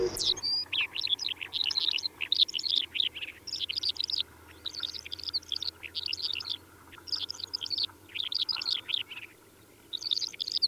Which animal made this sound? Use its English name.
Mongolian Lark